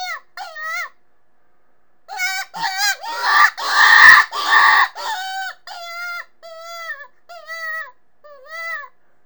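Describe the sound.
Rabbit screaming: shrill, wavering harmonic cries in short bursts, a louder harsher cluster in the middle, then evenly spaced wails.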